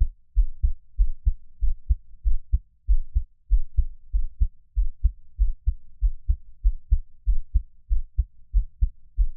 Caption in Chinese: 【ASMR】獻上我的心跳 | Give my Heartbeat| NO Talking。 每月的心跳聲記錄😊 Monthly heartbeat recording。 𝐌𝐲 𝐃𝐞𝐯𝐢𝐜𝐞 3𝐃𝐢𝐨 ⇢ 𝐑𝐨𝐨𝐦 𝐇6 ⇢ 𝐁𝐥𝐮𝐞 𝐘𝐞𝐭𝐢 ⇢ 𝐑𝐨𝐝𝐞 𝐍𝐓5 ⇢ 𝐌𝐢𝐧𝐢 𝐌𝐢𝐜 𝐁𝐄-𝐏1 ⇢ 𝐓𝐚𝐬𝐜𝐚𝐦 𝐃𝐑-40𝐗。